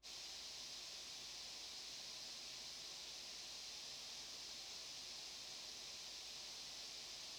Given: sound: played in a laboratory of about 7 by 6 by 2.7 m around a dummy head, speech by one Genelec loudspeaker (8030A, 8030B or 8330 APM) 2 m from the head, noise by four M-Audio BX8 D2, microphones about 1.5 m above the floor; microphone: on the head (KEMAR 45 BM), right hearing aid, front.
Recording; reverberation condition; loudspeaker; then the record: white noise; low; four, about 170 cm from the corners of the room and facing them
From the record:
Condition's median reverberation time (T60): about 310 ms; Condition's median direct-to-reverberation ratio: about 3.5 dB